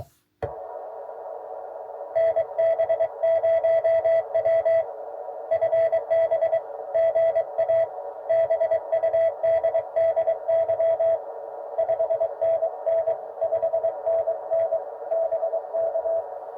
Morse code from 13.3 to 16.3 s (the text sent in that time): 5NN BK